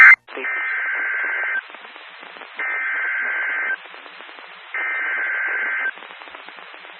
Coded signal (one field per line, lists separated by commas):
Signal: Emergency Alert System (SAME) tones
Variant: header bursts